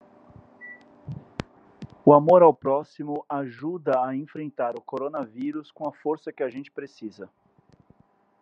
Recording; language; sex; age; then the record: spoken sentence; Brazilian Portuguese; male; 40 to 49 years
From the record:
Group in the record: control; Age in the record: 44 years